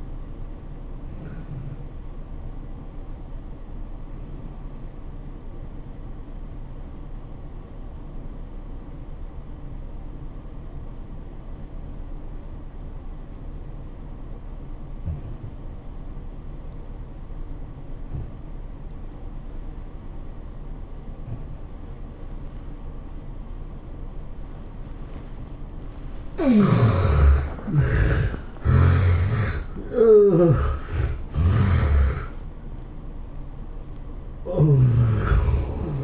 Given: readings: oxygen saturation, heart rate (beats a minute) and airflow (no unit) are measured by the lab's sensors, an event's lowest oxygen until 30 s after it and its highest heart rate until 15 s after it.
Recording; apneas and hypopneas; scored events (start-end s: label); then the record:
breathing in sleep by a smartphone at the bedside; 1
3.00-27.40 s: obstructive apnea (N1, oxygen 96% highest, then 73% lowest, heart rate 99 at the start, 107 highest)
From the record:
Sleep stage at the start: N1 (lightest sleep); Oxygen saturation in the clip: 73 to 96%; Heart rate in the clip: 81 to 107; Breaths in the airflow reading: 3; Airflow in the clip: -14.3 to 16.7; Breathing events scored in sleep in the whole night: 403 in 5.5 hours asleep